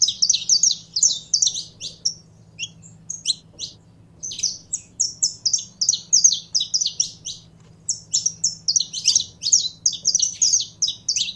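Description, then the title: Canary singing quick repeated high chirps strung into lively trills, a short lull near the middle, faint hum beneath. Song of a purebred Belgian canary. "Canto Do Canário Belga Puro"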